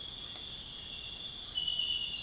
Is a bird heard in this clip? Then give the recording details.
no. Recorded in dense forest near Puerto Asís, Putumayo, Colombia, on 18 February 2024 at 06:00. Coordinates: 0.502, -76.324. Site G6370